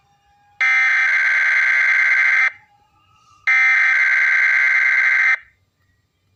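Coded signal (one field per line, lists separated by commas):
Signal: Emergency Alert System (SAME) tones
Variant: header bursts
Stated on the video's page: NOAA Weather Radio weekly test received on an Acurite 8553W weather radio, sound somewhat echoey.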